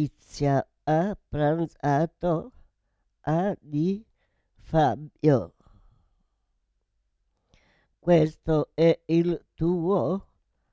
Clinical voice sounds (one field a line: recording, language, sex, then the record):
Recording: read phrases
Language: Italian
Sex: female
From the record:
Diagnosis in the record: Parkinson's disease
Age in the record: 78 years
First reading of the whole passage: 164 s, 3.2 characters per second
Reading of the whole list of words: 108 s, 2.6 characters per second